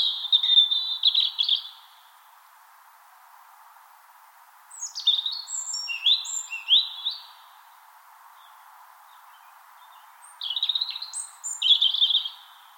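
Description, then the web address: European robin song: three short phrases of high, thin, tinkling warbles and trills, separated by pauses of about three seconds, with a faint steady hiss beneath. Song heard on spring mornings in Finland. "Punarinta lauri hallikainen. punarinnan laulu sulostuttaa kevataamuja"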